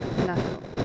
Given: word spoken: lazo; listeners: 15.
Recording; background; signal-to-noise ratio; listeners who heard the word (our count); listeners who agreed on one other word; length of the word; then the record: one Spanish word in noise, from a listening test; noise modulated by three-talker babble; -5.8 dB; 1 of 15; 6 of 15; 0.45 s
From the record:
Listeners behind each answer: 6, 3, 1, 1, 1, 1, 1, 1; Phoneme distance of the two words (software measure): 17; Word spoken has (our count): 2 syllables, 4 phonemes, stress on syllable 1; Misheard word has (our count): 2 syllables, 5 phonemes, stress on syllable 1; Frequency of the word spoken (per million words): 7.31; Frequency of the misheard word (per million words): 30.42